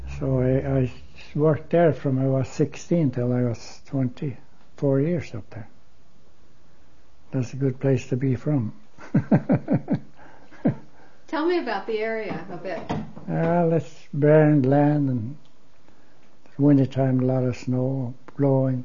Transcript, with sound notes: so I worked there from when I was sixteen till I was twenty-four years up there. That's a good place to be from. (he laughs)
Tell me about the area a bit.
Ah, it's barren land, in wintertime a lot of snow blowing.